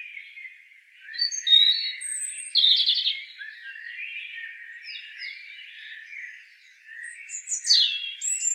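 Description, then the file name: European robin song: short high phrases of thin whistles and fast trills, separated by pauses, over a steady background chorus. "Erithacus rubecula"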